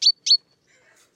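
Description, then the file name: Great tit calls: two loud, short chirps, each a burst ending in a clear whistled tail, then a third sharp note at the end. "Parus major"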